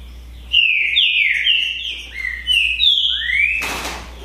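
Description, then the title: Green-winged saltator song: a continuous chain of rich whistled notes dipping and rising, ending with an upward slur, followed by a short noisy burst. Song contest between two birds, Naval vs Demolidor, 2022 season. "Esse É PERFEITO Para ESQUENTAR Seu TRINCA Piando, Cantando E Macheando Na DISPUTA. ISSO SIM!! É UMA DISPUTA DE TRINCA FERRO PERFEITA!! NAVAL VS DEMOLIDOR 2022! TEMPORADA 2022!"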